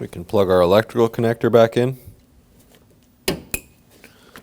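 Someone talks, then the plastic electrical connector of a side mirror on a 2013-2015 Subaru XV Crosstrek is plugged back into the door harness. A sharp, loud click at 3.3 s shows it has seated, followed by another sharp hit at 3.5 s and faint small ticks after.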